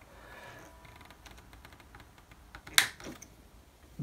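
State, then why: Released. The ring, back plate and hub of a tape wheel from a Sony EL-5 Elcaset recorder are pulled on until the press-fitted parts separate. Faint handling clicks lead up to a single sharp, loud click at 2.8 s, followed by a few softer taps. The tape-wheel assembly comes apart.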